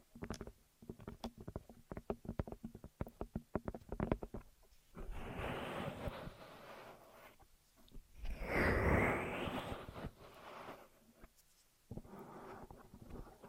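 Ear massage and cleaning sounds open with quick, irregular taps and crackles for about five seconds. Then comes steady rubbing and rustling that swells and fades, loudest around eight to ten seconds, breaks briefly near twelve, and resumes softly.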